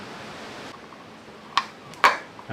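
A retaining clip holding the engine cover of a 2001 BMW R1150RT is pressed on over a steady hiss. A sharp snap sounds at 1.6 s, then a louder snap at 2.0 s as the clip seats.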